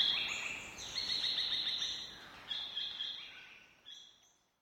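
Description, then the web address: Lyrebird squawks, high rasping bands of sound in a dense opening burst, then shorter harsh notes that fade toward the end. "lyrebirds squaking. lyrebirds squeaking"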